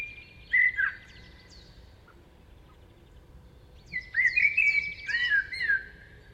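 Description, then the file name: Common blackbird, a short mellow phrase early on, then after a pause a longer run of warbling, slurred notes with thin high twitters over the top. "Turdus merula"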